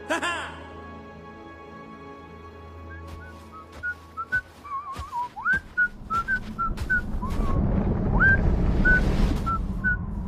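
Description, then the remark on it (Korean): A sudden howling blizzard wind builds into a loud, steady roar, with thin whistling tones sliding up and down above it and faint voices underneath. “눈보라냐?”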